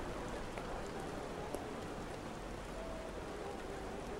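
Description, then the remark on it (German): Steady rain falls with a constant hiss, dotted with faint scattered drips and one brief sharper tap; no voices are heard. “Kleine Butterstatue, vom Regen nass.”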